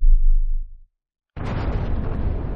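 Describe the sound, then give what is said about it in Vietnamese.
A deep, rumbling boom fades away into a moment of silence, then a loud, dense roar of battle erupts and churns on steadily, thick with crashing, clashing weapons and booming creatures, heard through the walls of a fortified city. “Bây giờ cho dù có cách một tòa thành vững chãi, nhưng bên trong vẫn nghe được tiếng binh đao cùng tiếng các loại linh phụ ầm ầm vang dội, đối nghịch với nhau.”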